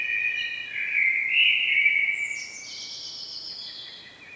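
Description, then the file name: Common blackbird with a strained, wavering call that slides into a thinner, higher hiss and fades out; no other sounds stand out. "Turdus merula"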